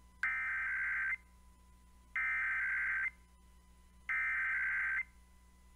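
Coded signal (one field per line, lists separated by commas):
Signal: Emergency Alert System (SAME) tones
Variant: header bursts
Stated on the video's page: Required Weekly Test on the station, sent in the afternoon.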